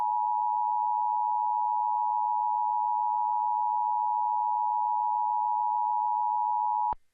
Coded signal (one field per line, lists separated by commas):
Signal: Emergency Alert System (SAME) tones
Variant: 853 and 960 Hz attention tone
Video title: National EAS Test Compilation (October 3, 2018, NYC)